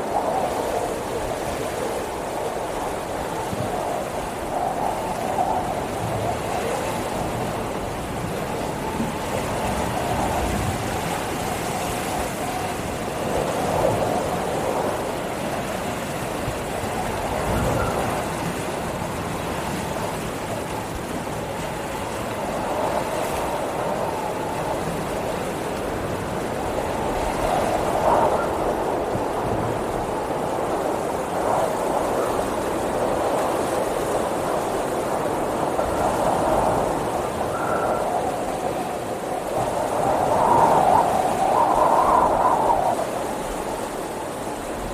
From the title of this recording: Windy Storm White Noise